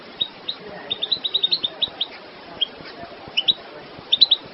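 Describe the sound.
Goldfinch twittering, quick clusters of high chirpy notes, a dense burst near the start, then scattered chirps and a final short flurry.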